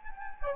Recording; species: mosquito wingbeat signal from an infrared sensor; Anopheles gambiae